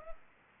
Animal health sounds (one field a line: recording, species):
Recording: mosquito wingbeat signal from an infrared sensor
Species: Anopheles arabiensis